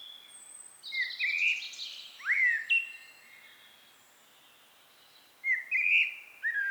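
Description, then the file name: Common blackbird song, two phrases of rich low whistled notes separated by a pause of a few seconds, the first closing with squeaky high chatter. "Turdus merula"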